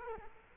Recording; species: mosquito wingbeat signal from an infrared sensor; Culex quinquefasciatus